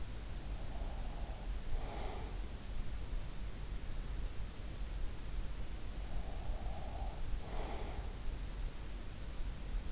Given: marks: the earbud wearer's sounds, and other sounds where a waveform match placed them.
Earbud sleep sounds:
sounds in sleep by an in-ear microphone; breath
0.00-2.96 s: breath
5.68-8.73 s: breath

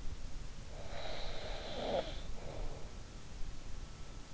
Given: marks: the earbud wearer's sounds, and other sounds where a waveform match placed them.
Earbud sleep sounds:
sounds in sleep by an in-ear microphone; breath
0.61-3.08 s: breath

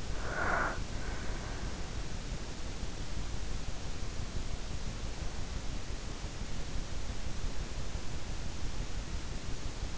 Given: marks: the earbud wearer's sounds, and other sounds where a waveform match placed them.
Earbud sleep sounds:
sounds in sleep by an in-ear microphone; breath
0.00-1.90 s: breath

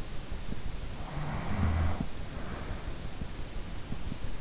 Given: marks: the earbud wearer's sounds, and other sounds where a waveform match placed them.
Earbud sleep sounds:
sounds in sleep by an in-ear microphone; snoring breath
0.85-3.50 s: snoring breath

